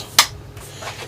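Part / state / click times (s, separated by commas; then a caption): door travel latch on an RV refrigerator or cabinet / seated / 0.2 s. A travel latch on a refrigerator or cabinet door in a 2019 Thor FourWinds 30D RV locks into place as the door is closed, so it is safe for the road. A single sharp, loud click is heard at 0.2 s, followed by quieter, faint rustling, and the latch is seated.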